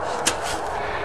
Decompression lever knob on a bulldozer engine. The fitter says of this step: Okay. Click. Yep. You actually got to hold that with your left hand while you're starting it.